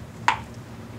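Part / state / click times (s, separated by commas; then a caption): prosthetic liner into magnetic socket lock / seated / 0.3 s. A hand inside a cutaway prosthetic socket stands in for a limb as a prosthetic liner goes into a magnetic socket lock, where an earlier first click was not enough. A single sharp, bright click sounds at 0.3 s over a low background hum. This second click means the liner is seated flush with the magnet and fully suspended.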